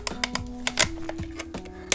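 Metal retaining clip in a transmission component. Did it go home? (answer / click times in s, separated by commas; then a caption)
yes / 1.9 s. A metal retaining clip is fitted inside the swing-axle transmission of a 1961 VW Beetle, its straight end set in the hole and the clip walked around until a tooth at the back catches. Several sharp metallic ticks and scrapes sound over a steady low hum as it is worked around. A loud, crisp click at 1.9 s marks the clip seating home.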